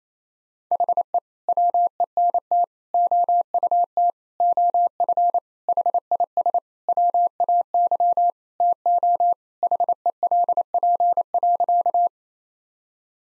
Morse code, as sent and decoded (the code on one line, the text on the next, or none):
.... . / .-- . -. - / --- ..- - / --- ..-. / .... .. ... / .-- .- -.-- / - --- / .... . .-.. .--. .-.-.-
HE WENT OUT OF HIS WAY TO HELP.